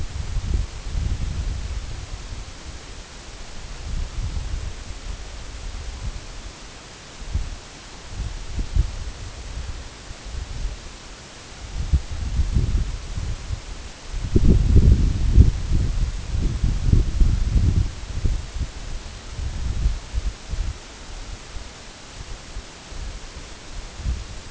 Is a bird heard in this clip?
no